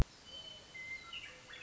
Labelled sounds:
Western Meadowlark (Sturnella neglecta)
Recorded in Sonoma County, California

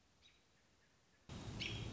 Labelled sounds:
American Robin (Turdus migratorius)
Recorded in Sonoma County, California

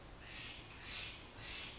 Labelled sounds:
Steller's Jay (Cyanocitta stelleri)
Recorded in Sonoma County, California

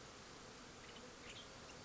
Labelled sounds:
Western Tanager (Piranga ludoviciana)
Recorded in Sonoma County, California

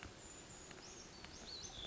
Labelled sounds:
Brown Creeper (Certhia americana)
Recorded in Sonoma County, California

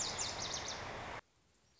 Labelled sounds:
Lazuli Bunting (Passerina amoena)
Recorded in Sonoma County, California

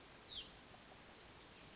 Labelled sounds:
Hutton's Vireo (Vireo huttoni)
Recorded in Sonoma County, California

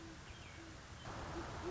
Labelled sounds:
Great Horned Owl (Bubo virginianus)
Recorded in Sonoma County, California

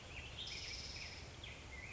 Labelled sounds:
Spotted Towhee (Pipilo maculatus)
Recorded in Sonoma County, California

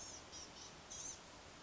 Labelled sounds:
Blue-gray Gnatcatcher (Polioptila caerulea)
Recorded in Sonoma County, California

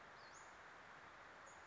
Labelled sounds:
Western Flycatcher (Empidonax difficilis)
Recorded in Sonoma County, California

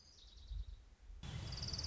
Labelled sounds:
Orange-crowned Warbler (Leiothlypis celata)
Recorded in Sonoma County, California

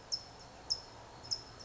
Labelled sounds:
California Towhee (Melozone crissalis)
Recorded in Sonoma County, California

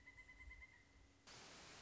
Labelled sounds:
Pileated Woodpecker (Dryocopus pileatus)
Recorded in Sonoma County, California

